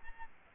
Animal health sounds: mosquito wingbeat signal from an infrared sensor; Aedes albopictus

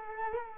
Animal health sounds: mosquito wingbeat signal from an infrared sensor; Culex quinquefasciatus

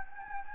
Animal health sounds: mosquito wingbeat signal from an infrared sensor; Anopheles gambiae

